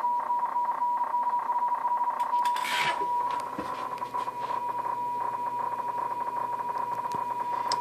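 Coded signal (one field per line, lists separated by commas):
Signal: PSK31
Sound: steady warbling tone around 1 kHz with fast rhythmic clicking modulation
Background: room noise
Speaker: here's transmission of PSK and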